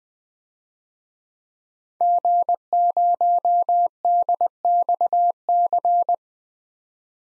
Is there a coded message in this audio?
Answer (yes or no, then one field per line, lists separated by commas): yes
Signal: Morse code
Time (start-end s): 2.0-6.1 s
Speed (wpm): 20 wpm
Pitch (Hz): 700 Hz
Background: none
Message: G0DXC